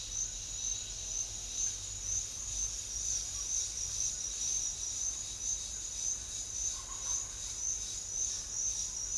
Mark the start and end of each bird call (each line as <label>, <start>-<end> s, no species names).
bird call, 6.78-7.40 s